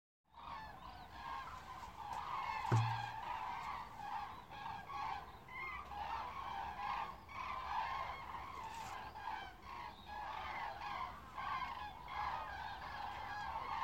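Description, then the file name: Common crane flock giving continuous overlapping trumpeting calls, with a brief thud near the start and constant low background noise. Recorded 24 October 2015. "Kraniche 151024"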